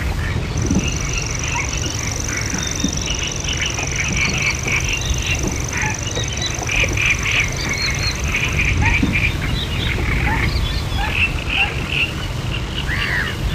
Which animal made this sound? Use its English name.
Little Crake